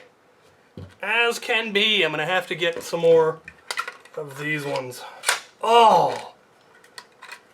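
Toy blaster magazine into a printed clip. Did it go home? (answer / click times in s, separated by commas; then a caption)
no / none. A toy blaster magazine is handled and inserted again into a printed, fan-made clip while someone talks. A few brief, faint taps come through between the words, including a short sharp one near 7.0 s, but nothing has seated or clicked into place yet.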